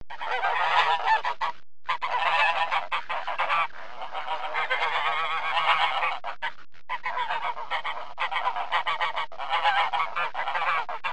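Snow Goose: snow geese honking, a dense flock of overlapping nasal calls that goes on almost without pause, broken only by a few brief gaps.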